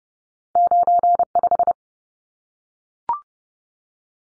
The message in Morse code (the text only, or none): 95